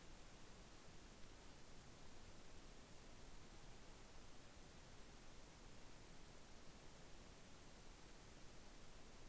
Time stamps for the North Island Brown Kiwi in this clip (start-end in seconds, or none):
none